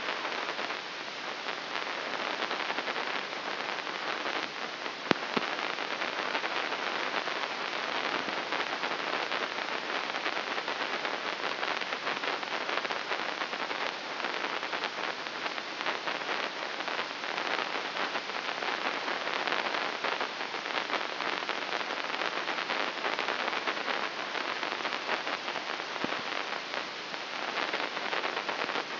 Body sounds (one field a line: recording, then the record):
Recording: brain microelectrode recording played as sound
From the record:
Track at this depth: inside the subthalamic nucleus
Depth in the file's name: 1.1 mm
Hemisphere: left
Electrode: 3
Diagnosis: Parkinson's disease